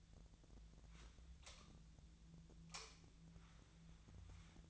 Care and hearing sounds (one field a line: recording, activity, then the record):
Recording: daily activity, microphone in the room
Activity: light on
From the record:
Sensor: 3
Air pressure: 1009.7 hPa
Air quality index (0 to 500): 190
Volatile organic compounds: 15 ppm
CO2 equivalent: 2479 ppm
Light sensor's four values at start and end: 37/91/39/42 and 44/117/49/50